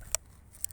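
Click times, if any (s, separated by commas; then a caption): 0.1 s, 0.6 s. A plastic cover is pushed onto the housing of a brush-cutter trimmer head. Two sharp, bright clicks are heard at 0.2 s and 0.6 s over a quiet low hum, with no talking. The cover clicks into place and is seated.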